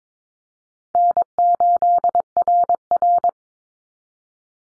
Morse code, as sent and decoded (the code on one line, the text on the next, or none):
-. ---.. .-. .-.
N8RR